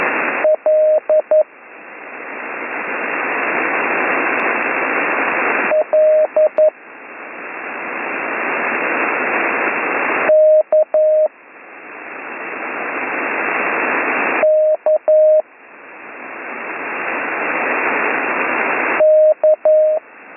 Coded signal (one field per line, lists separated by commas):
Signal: Morse code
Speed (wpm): 11 wpm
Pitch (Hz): 620 Hz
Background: radio noise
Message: L L K K K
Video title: Slow Morse Code Course - Week 6 - Learn Morse Code